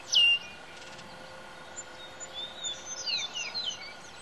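Bird calls: one loud high chirp at the start, then soft, scattered twittering notes over a constant low hum and hiss.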